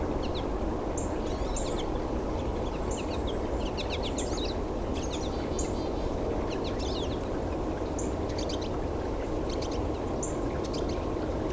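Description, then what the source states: Pine Siskin song: scattered high twittering notes and short buzzy phrases over steady, heavy low background noise. Male singing among a small flock of pine siskins preening in the sun and not feeding; recorded near a rail corridor and highways.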